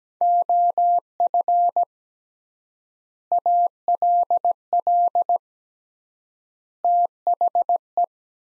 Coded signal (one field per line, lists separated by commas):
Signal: Morse code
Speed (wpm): 17 wpm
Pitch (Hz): 700 Hz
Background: none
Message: OF ALL THE